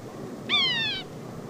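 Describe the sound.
Yellow-bellied sapsucker giving a single nasal, mewing call that slurs slightly downward, lasting about half a second, rich in harmonics against quiet background hiss.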